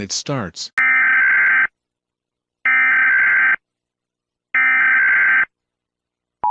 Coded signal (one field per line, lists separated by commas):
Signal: Emergency Alert System (SAME) tones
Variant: header bursts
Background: speech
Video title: EAS SCENARIO: HURRICANE BALLY IS GONNA DIE! IS THIS THE END?